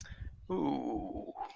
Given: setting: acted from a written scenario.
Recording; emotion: vocal sound without words; embarrassment